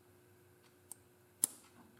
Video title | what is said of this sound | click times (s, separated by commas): Suzuki TS50, Oil Pump Installation --- Video #341 | Bingo we heard a snap into place | 1.4 s